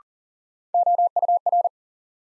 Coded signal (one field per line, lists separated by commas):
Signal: Morse code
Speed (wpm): 40 wpm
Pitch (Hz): 700 Hz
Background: none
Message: OUR